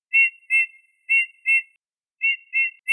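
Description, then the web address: Eurasian bullfinch giving clear, flat piping whistles: about seven short level notes, mostly in pairs, separated by brief gaps, on a silent background. "Pyrrhula pyrrhula"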